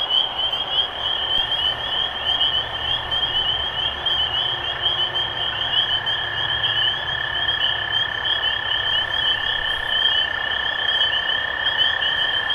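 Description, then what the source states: Spring peeper chorus forming a high, constant wall of peeps, with a steady lower trill that grows stronger about halfway and continues. Recorded 23 March 2012.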